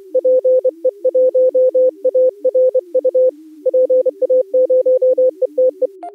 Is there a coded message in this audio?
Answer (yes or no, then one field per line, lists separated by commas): yes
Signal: Morse code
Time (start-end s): 0.2-5.9 s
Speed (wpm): 25 wpm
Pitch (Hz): 510 Hz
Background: music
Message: PE1ARU PA0ETE